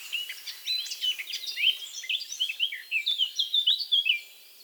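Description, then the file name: Eurasian blackcap song, a rapid rambling warble of scratchy and twittering notes building to louder, clearer notes near the end. "Sylvia atricapilla"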